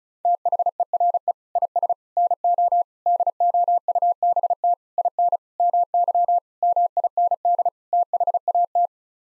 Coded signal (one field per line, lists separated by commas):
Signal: Morse code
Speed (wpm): 34 wpm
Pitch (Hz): 700 Hz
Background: none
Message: THERE IS NO DOUBT IN MY MIND THAT